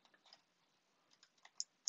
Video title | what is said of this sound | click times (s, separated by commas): P3 1 Panel Setup | hear a click click out click in now | 1.6 s, 1.9 s